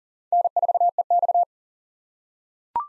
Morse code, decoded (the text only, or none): N4EX